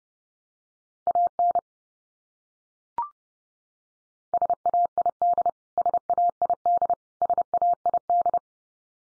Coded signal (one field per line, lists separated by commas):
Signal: Morse code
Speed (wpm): 30 wpm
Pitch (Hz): 700 Hz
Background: none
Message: AN SAID SAID SAID